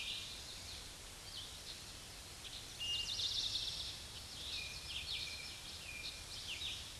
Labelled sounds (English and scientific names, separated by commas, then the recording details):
Eastern Towhee (Pipilo erythrophthalmus) song
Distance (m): 35 m
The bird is about 5 m above the microphone
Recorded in a Pennsylvania forest on 16 May 2024 at 06:39
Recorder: AudioMoth, point MSD-2456
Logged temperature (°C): 16.4 °C
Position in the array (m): 203 m, 141 m